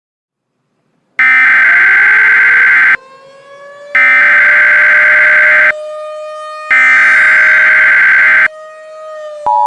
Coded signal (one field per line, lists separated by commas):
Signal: Emergency Alert System (SAME) tones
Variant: header bursts